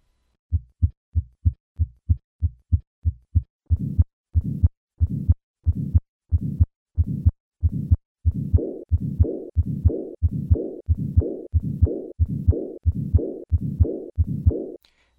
The murmur of acute aortic regurgitation the soft first heart sound, followed by the systolic flow murmur, and then the diastolic murmur.